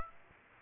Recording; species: mosquito wingbeat signal from an infrared sensor; Aedes aegypti